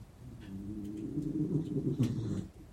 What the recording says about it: Can you hear the dog snoring behind me? I've got the loudest snoring dog next to me, but I didn't wake him because he looks so peaceful.